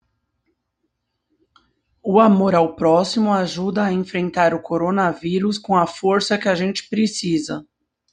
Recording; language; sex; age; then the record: spoken sentence; Brazilian Portuguese; female; 40 to 49 years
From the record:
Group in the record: control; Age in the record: 44 years